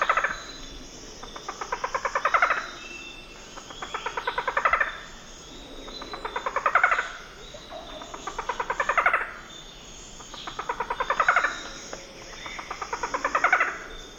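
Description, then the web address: Barred forest falcon song: rapid series of pulsed notes swelling into a loud peak, repeated about every two and a quarter seconds over a steady high background hum. Recorded in the eastern lowlands of South America. "Natures Songs S America Eastern Lowlands Micrastur ruficollis, song"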